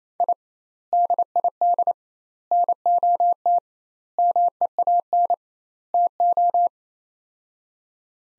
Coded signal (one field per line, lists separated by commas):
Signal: Morse code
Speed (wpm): 28 wpm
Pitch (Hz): 700 Hz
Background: none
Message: I DID NOT MEAN TO